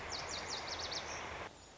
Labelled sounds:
Lazuli Bunting
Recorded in Sonoma County, California

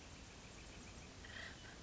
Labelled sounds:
Acorn Woodpecker
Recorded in Sonoma County, California

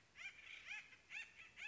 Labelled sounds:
Acorn Woodpecker
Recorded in Sonoma County, California

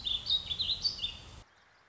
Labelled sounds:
Warbling Vireo
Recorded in Sonoma County, California

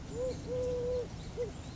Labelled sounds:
Eurasian Collared Dove
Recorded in Sonoma County, California

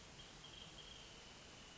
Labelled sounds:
Wrentit
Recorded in Sonoma County, California

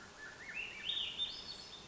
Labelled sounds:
Swainson's Thrush
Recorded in Sonoma County, California

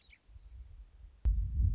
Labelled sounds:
Western Meadowlark
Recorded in Sonoma County, California

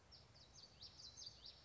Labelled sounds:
Common Yellowthroat
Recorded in Sonoma County, California

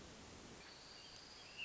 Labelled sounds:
Hermit Thrush
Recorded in Sonoma County, California

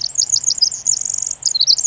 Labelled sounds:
Pacific Wren
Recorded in Sonoma County, California

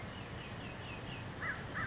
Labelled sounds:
American Crow
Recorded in Sonoma County, California

